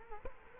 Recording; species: mosquito wingbeat signal from an infrared sensor; Culex quinquefasciatus